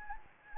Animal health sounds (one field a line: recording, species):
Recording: mosquito wingbeat signal from an infrared sensor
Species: Anopheles gambiae